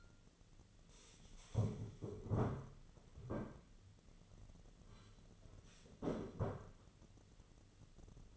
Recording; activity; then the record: daily activity, microphone in the room; stand up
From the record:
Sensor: 4